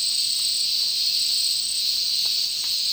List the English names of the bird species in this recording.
none